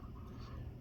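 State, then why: Not seated. A small plastic add-on piece is set onto the top of a white Micro Turbo 1/64 custom winged diecast model truck. Only a low, steady handling rustle is heard, with no sharp transient. Nothing seats or clicks; the piece just sits on top and would need glue to stay on.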